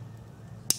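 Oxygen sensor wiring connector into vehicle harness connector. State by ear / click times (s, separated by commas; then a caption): seated / 0.7 s. The electrical connector of a Subaru oxygen sensor is pushed into the vehicle's wiring harness connector during oxygen sensor replacement for P0037/P0038. Over a low steady hum, a single sharp, bright click sounds at 0.7 s as the connector snaps fully into place, seated and tight.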